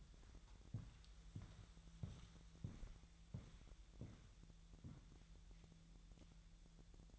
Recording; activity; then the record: daily activity, microphone in the room; walk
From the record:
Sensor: 3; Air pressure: 1002.0 hPa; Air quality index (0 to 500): 242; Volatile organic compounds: 111 ppm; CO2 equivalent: 3821 ppm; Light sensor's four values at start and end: 8/20/8/8 and 8/20/8/9